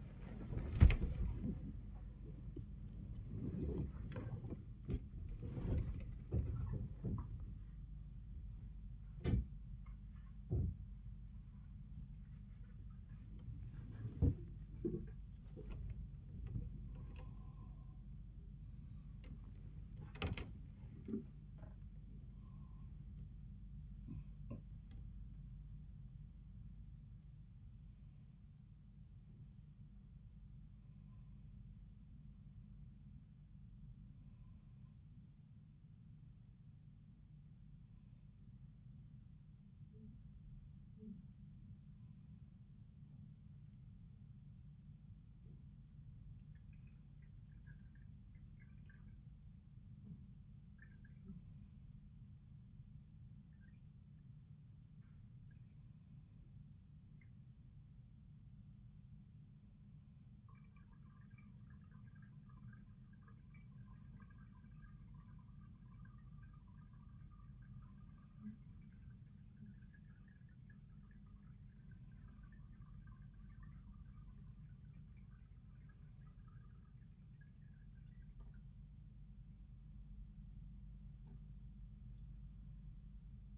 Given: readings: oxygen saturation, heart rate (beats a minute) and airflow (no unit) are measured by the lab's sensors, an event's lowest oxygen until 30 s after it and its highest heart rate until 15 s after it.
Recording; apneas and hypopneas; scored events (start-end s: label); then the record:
a person awake in a sleep study, by a smartphone at the bedside; none
0.00-83.58 s: awake
From the record:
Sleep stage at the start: awake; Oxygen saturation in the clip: 94 to 96%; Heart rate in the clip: 54 to 112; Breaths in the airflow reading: 21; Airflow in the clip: -7.4 to 9.9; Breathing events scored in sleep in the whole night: 400 in 8.7 hours asleep